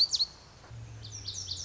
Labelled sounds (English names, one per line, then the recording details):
Lazuli Bunting
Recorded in Sonoma County, California